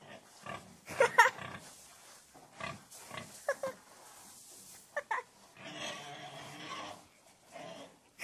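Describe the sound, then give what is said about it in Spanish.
Pigs in a pen at the Hacienda de San Diego squeal as someone tries to catch them, in repeated sharp, high-pitched bursts mixed with lower grunts and snorts and a stretch of rough, noisy squealing toward the end. “Prudencio está en el corral de los cerdos, intentándolos atrapar. El chillido característico de estos animales llama la atención de Rafael”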